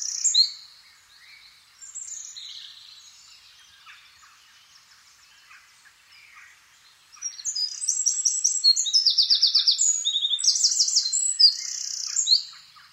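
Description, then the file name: Eurasian wren song: a brief high burst, then faint twittering, then a loud, rapid run of shrill trills and chirps from about seven seconds on. "Troglodytes troglodytes"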